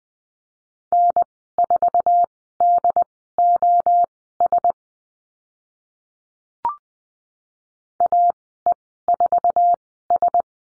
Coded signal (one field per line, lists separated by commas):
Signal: Morse code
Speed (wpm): 20 wpm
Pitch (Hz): 700 Hz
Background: none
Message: N4DOS AE4S